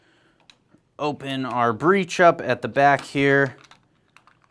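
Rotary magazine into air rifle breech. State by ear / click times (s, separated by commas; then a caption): seated / 4.2 s. A loaded rotary magazine is pushed into the opened breech of an FX Impact X MKII Compact PCP air rifle while someone talks. After the talking, a few small clicks follow, and the magazine snaps into place at 4.2 seconds.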